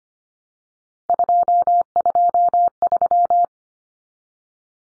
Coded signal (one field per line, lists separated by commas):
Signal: Morse code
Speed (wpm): 25 wpm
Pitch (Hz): 700 Hz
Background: none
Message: 223